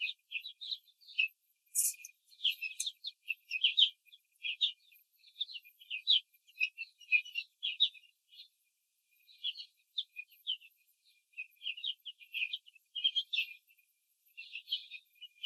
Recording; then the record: young laying hens in a cage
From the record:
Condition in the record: control cage, after the stress test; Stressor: none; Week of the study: 4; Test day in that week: 3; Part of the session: 3